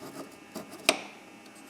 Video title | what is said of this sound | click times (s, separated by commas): Mazda 626: Ready For The Scrap Heap | That was the connector. | 0.9 s